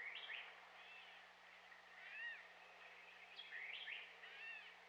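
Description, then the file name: Northern cardinal song: faint clear whistled phrases of down-slurred notes, repeated in short groups a second or so apart, over a soft steady background hiss. "dan gibsons solitudes northern cardinal"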